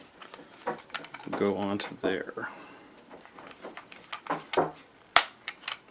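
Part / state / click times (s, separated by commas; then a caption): tablet holder bracket onto drone remote controller / seated / 5.2 s. A plastic 360 smartphone/tablet holder bracket for the DJI Mavic Pro and DJI Spark is pushed onto a drone remote controller while someone talks, with light handling taps and rustles throughout. A loud, sharp snap at 5.2 s marks the bracket seating onto the controller, followed by a few quieter clicks.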